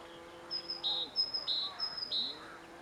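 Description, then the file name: Great tit song: clear, ringing two-note phrases, a high note dropping to a lower one, repeated three times. "Parus major"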